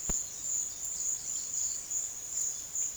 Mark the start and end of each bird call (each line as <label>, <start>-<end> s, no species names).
bird call, 0.00-2.96 s